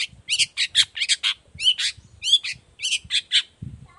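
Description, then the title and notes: Long-tailed shrike song: loud harsh rasping notes repeated in quick succession, several per second, with a low thump at the end. Energetic morning song with varied 'toet toet' notes, used as a lure to prompt other shrikes of any kind to reply quickly and open their beaks. "Cendet Gacor Dor Di Kala Pagi Toet Toet Variasi Suara. Cendet Gacor Efektif Pancingan Buat Cendet Jenis Apapun Agar Cepat Nyaut Buka Paruh. Burung cendet"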